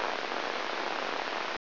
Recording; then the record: brain microelectrode recording played as sound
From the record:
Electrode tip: inside the subthalamic nucleus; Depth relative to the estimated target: 1 mm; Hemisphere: left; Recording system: AlphaMap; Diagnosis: Parkinson's disease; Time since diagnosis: 9 years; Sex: female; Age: 63 years